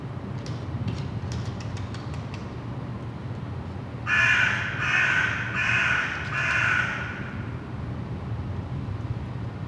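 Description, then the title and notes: Crow giving four harsh caws in quick succession after a few seconds of faint clicks and ticks, with a low rumbling background throughout. Crows recorded in Saint-Gilles, Belgium, with Earsight V2 microphones in AB stereo into a Zoom F3. "Saint-Gilles, Belgique - Crows - corneilles. corbeaux corneilles"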